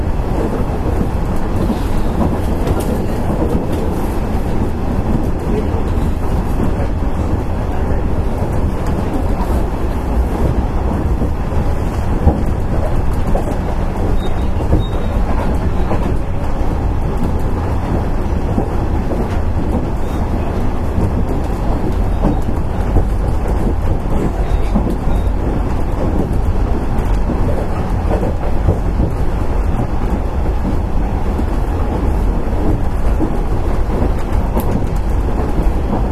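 An electric train runs steadily, heard from inside with a constant low rumble and roar that fills the whole 36 seconds. Dense rattling and clattering from the wheels and car body ride on top, with a faint thin whine above and no clear stops.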